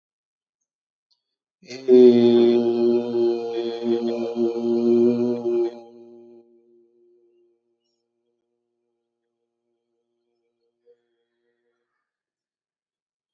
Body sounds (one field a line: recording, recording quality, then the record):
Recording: sustained vowel as in made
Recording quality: excellent, no background noise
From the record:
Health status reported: healthy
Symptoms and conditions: none ticked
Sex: male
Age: 71 years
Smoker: not ticked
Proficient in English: yes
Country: India